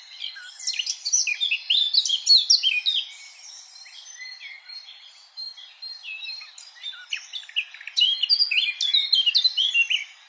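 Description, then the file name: Eurasian blackcap warbling song in two bursts of rapid, varied twittering notes, separated by a quieter stretch of softer chatter. "Sylvia atricapilla"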